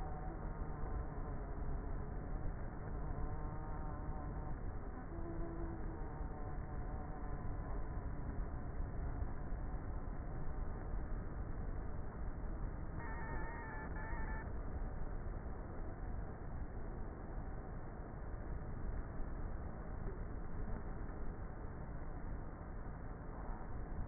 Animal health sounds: honeybee colony, microphone inside the hive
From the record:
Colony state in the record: queenless with a low population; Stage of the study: before two queens were removed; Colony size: about 30,000 bees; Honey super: no

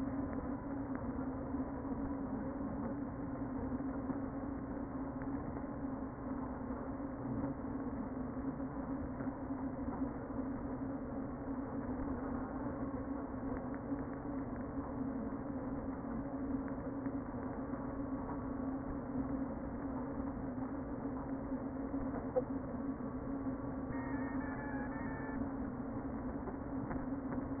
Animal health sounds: honeybee colony, microphone inside the hive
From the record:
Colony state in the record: queen present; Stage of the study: before two queens were removed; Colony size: about 60,000 bees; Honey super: yes

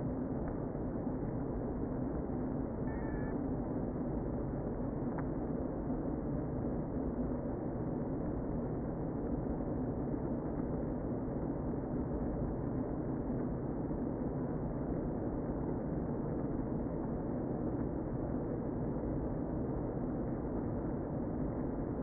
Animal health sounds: honeybee colony, microphone inside the hive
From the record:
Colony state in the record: queen present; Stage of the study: before two queens were removed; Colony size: about 60,000 bees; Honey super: yes

